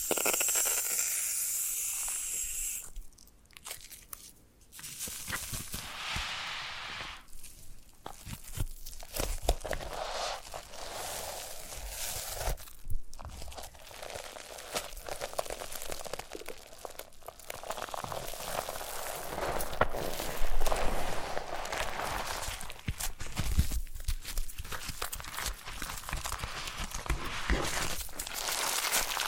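Foam being massaged and squeezed makes dense, crackly rubbing and crinkling sounds that run almost without pause. The texture comes in bursts with brief quiet breaks near 3, 8, 13 and 24 seconds, and the opening moments carry a bright hiss.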